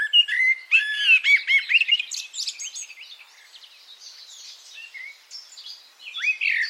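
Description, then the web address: Bird song of varied chirps and slurred whistles, quick bright notes tumbling together at first, then softer twittering, before loud phrases return at the end. "Deverinetal. Bird Only"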